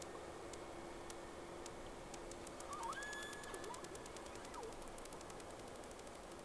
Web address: Sea Snake 10-3-06 Whales X 2 11-30 Round 1